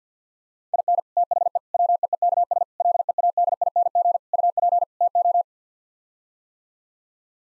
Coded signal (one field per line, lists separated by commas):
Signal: Morse code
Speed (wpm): 49 wpm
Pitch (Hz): 700 Hz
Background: none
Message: IN THE WEEKS LEADING UP TO